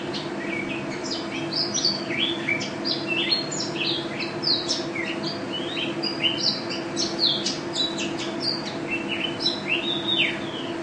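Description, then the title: White-eye delivering a lively chatter of high chirps and short rising and falling whistles, nearly nonstop, above a faint steady hum. Contest bird, national first-place champion, described as gacor and ropel (singing constantly and rapidly), with a song filled with canary notes (isian kenari); video from 2015. "Pleci Juara 1 Nasional pleci Gacor juara nasional teler gacor ropel pleci isian kenari Video 2015"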